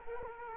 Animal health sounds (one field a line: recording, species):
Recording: mosquito wingbeat signal from an infrared sensor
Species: Culex quinquefasciatus